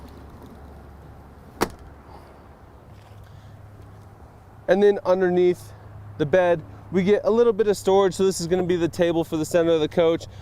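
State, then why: Seated. A rear door bug screen on a Coachmen Galleria 24T van is pulled down and locks into its catch at the bottom, giving a single sharp click at 1.6 s over a low steady hum. Someone then talks from about 4.7 s to the end, and the screen is seated in place.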